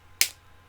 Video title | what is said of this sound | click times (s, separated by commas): Unboxing Art Supplies - 2020/10/08 | hear that snap | 0.2 s